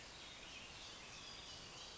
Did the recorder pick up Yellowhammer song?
no